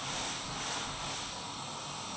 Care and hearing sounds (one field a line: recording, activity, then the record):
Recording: daily activity, microphone in the room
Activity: vacuum cleaning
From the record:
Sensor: 1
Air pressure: 999.3 hPa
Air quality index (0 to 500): 206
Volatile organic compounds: 48 ppm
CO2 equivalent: 3262 ppm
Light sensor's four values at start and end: 9/22/8/9 and 9/21/8/9